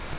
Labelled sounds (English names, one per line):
Grace's Warbler flight call